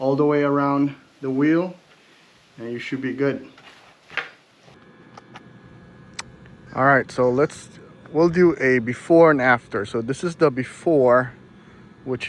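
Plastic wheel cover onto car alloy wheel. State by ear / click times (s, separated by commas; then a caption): seated / 4.2 s, 6.2 s. A plastic wheel cover, aligned to the valve stem, is pressed on around the rim of a 2026 Tesla Model Y alloy wheel while someone talks. Two sharp snaps ring out at 4.2 and 6.2 seconds as it is pressed around the edge, and the cover is seated.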